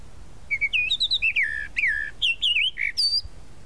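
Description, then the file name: Tropical mockingbird song: a varied run of clear whistled and slurred phrases, some rising, some falling, with quick chattering notes between them. "Canto-do-Sabiá-da-Praia"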